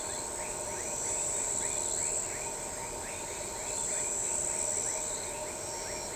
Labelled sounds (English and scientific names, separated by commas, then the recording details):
none
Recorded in shrubland near Pivijay, Magdalena, Colombia, on 15 April 2023 at 01:00
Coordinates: 10.453, -74.365
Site P5-G022